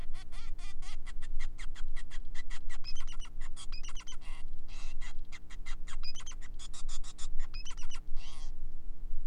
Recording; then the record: song of a male Bengalese finch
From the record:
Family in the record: son of father 5